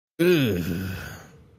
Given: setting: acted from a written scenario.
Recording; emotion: vocal sound without words; disgust